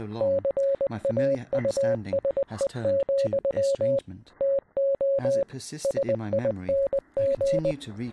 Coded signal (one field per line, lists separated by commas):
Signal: Morse code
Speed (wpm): 20 wpm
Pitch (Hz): 550 Hz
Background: speech, radio noise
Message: CAUSE, TO SING